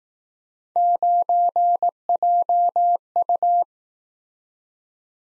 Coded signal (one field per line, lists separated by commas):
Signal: Morse code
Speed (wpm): 18 wpm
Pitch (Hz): 700 Hz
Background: none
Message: 9JU